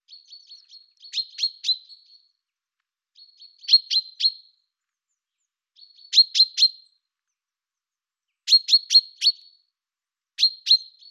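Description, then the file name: Common chaffinch calls: bright, high chirps in quick bursts of two to four, some preceded by thin soft notes, repeated every few seconds in silence. "Fringilla coelebs"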